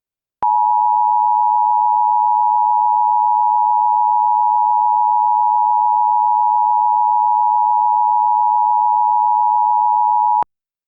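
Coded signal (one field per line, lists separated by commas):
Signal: Emergency Alert System (SAME) tones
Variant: 853 and 960 Hz attention tone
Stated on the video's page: Fictional EAS scenario alert, self-made, not a real broadcast.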